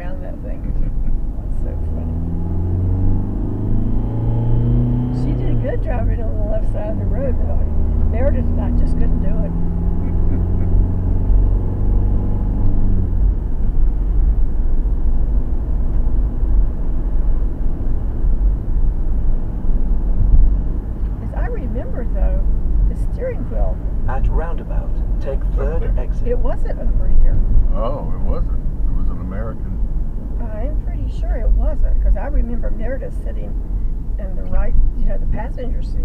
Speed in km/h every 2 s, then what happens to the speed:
32, 45, 55, 55, 63, 69, 71, 68, 68, 66, 66, 61, 61, 60, 58, 42, 42, 40.
0-11 speeds up to 71. 11-30 slows to 42.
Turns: none.